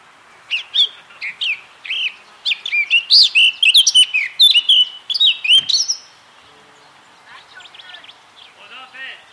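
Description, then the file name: Eurasian blackcap singing: a run of quick chattering notes building into loud, clear fluted whistles for about five seconds, then fainter scratchy notes trailing off. "Sylvia atricapilla"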